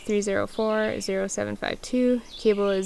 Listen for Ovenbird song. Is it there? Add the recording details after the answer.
no. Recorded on 20 June 2016 at 10:50. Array SBT-6-76